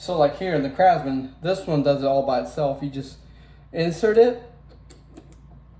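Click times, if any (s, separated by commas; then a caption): 5.2 s, 5.3 s. Someone talks, then a 1/4 in hex bit is inserted into a drill's quick-change chuck, which grabs it by itself. Two faint clicks are heard at 5.2 s and 5.3 s as the bit seats. The bit is locked in and won't wiggle out.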